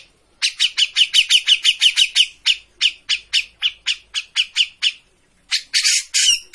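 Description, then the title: Grey-cheeked bulbul delivering a rapid run of sharp chirps that slows and spaces out, a brief silence, then harsher, noisier notes at the end. Bird-training master recording of an actively singing (gacor) cucak jenggot. "Cucak Jenggot Gacor. Masteran burung cucak jenggot ! Suaka burung"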